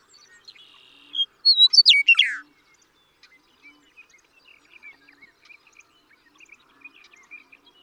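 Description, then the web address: Western meadowlark song: a clear whistle, then a rapid run of falling, slurred notes ending in a gurgle, followed by faint scattered chirps. "birdsongforthecurious Western Meadowlark"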